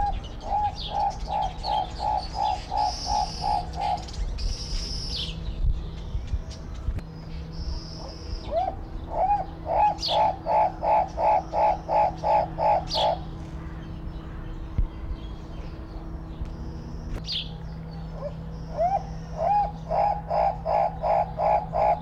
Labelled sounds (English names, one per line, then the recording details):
Southern Red Bishop
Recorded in captivity
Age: adult
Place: Zoo Berlin, Berlin, DE
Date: 1994-05-28 12:36
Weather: bedeckt, 12-15°C
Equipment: Marantz CP 430, Sennheiser ME 80, Kopie Uher Variocord 263
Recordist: Tembrock, Günter